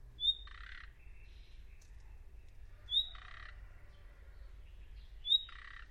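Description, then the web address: Bird calls: a sharp high note followed by a harsh buzzy squawk, repeated three times about every two and a half seconds. "Bird Only"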